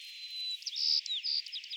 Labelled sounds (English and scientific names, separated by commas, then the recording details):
White-crowned Sparrow (Zonotrichia leucophrys) song
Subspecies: nuttalli
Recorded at San Simeon, California, in 2014
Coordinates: 35.673, -121.283
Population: south
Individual SANS_maleK